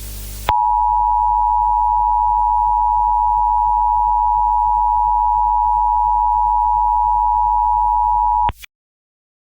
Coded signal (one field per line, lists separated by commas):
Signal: Emergency Alert System (SAME) tones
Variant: 853 and 960 Hz attention tone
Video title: EAS mock cuz yeah